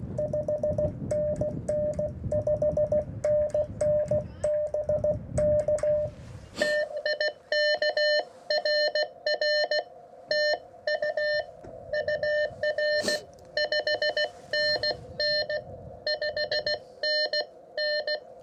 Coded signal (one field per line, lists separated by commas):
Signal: Morse code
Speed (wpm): 16 wpm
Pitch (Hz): 600 Hz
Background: radio noise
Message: 5NN 5NN BK TIKRR TU UR 5NN 5NN